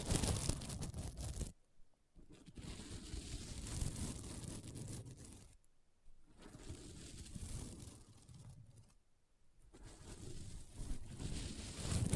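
Scratching on a sequin mermaid pillow, a rough, rustling scrape that comes in bursts of a few seconds each. Short silent gaps break it up near 2, 6, and 9 seconds, and the sound swells and fades within each stretch.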